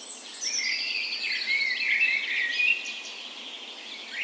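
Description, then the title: Dawn chorus of birds: a high thin whistle overlapping busy twittering and trilled phrases, with a rising note near the end. Spring dawn chorus recorded on the morning of 17 May, Norway's National Day, in a park west in Bergen, Norway; Sony PCM A10 recorder with LOM micro Usi microphones as tree ears. "17th Of May Dawn Chorus"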